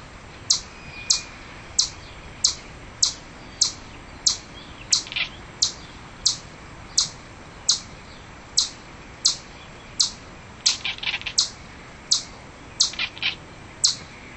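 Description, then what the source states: Chipmunk alarm call, sharp high chips repeated steadily, with some quieter extra notes overlapping partway through. Chipmunk calling in anger.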